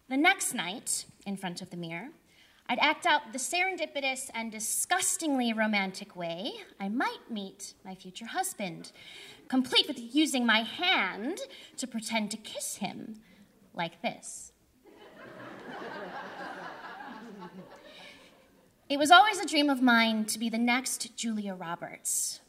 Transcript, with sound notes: The next night in front of the mirror, I'd act out the serendipitous and disgustingly romantic way I might meet my future husband, complete with using my hand to pretend to kiss him like this. (laughter) It was always a dream of mine to be the next Julia Roberts.